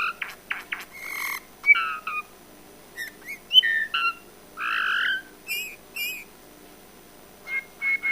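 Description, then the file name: Eurasian bullfinch calls: soft whistled piping notes with harmonics, some short downslurred, mixed with higher chirps and dry clicks, irregular bursts throughout. "Pyrrhula pyrrhula"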